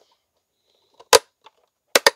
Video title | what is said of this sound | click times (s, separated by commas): Comment installer un ecran arriére pour Tesla Model 3 et Y ? #hansshow #tesla #model3 #modely | Voilà, tout simplement, vous avez entendu les clips. | 2.0 s, 2.1 s